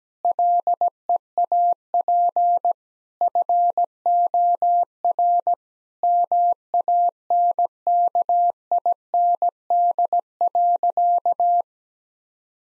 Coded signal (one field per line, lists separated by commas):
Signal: Morse code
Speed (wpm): 17 wpm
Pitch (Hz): 700 Hz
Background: none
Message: LEAP FOR MANKIND.